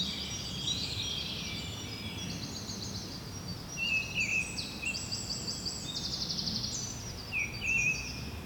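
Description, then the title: Birds singing softly in a many-voiced chorus of buzzy trills, with a couple of clearer chirped phrases standing out, over low background rumble. Bird ambience at Rue du Rossignol, Seneffe, Belgium; recorded with Sony PCM-D100 internal microphones. "Rue du Rossignol 7, 7180 Seneffe, Belgique - Birds ambience"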